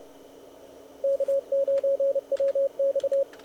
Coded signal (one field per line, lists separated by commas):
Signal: Morse code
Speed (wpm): 28 wpm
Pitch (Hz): 560 Hz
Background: radio noise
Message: K9WX